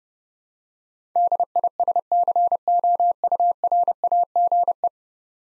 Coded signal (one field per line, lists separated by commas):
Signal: Morse code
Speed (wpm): 30 wpm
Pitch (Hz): 700 Hz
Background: none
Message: DISCOURAGE